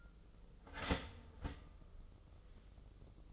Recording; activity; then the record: daily activity, microphone in the room; start toaster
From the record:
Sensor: 4